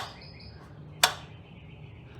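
A metal governor shaft in the governor arm of a Briggs and Stratton small engine is turned clockwise with a nut driver, the correct direction because turning it the other way would let the engine run wide open when started. Against a low, steady background, a single sharp, bright click sounds at 1.0 s as the shaft clicks inside and stops. The shaft is seated at its stop.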